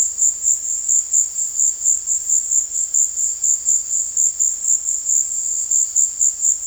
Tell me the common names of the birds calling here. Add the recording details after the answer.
none. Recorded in dense forest near Puerto Asís, Putumayo, Colombia, on 20 February 2024 at 17:00. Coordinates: 0.485, -76.325. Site G6429